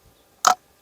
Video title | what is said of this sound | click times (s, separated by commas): Penn Wrath II Review (New Fishing Rods for 2024) @PENNfishing | they they pop into place which is cool which is good | 0.5 s